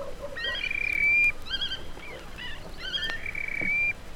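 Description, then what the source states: Terek sandpipers calling, wavy trilled notes and long steady whistles, with a few lower soft notes at the start and light background hiss. Several birds calling to each other on river shoals.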